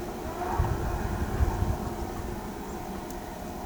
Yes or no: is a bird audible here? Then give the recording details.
no. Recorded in pastures near Pivijay, Magdalena, Colombia, on 15 April 2023 at 15:00. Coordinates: 10.456, -74.369. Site P6-G026